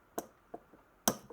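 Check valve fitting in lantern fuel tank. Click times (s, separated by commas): 1.1 s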